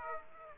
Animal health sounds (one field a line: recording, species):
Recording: mosquito wingbeat signal from an infrared sensor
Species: Aedes aegypti